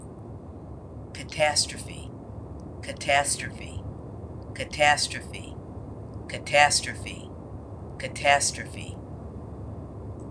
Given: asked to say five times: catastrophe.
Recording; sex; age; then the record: repeated word; female; 60 to 69 years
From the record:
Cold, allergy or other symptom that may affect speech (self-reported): no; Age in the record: 68 years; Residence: North Carolina, United States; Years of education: 17